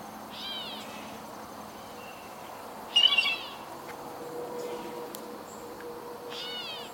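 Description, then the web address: Blue jay harsh calls: a few spaced notes, the one near the middle loudest. "bird-calls blue-jay"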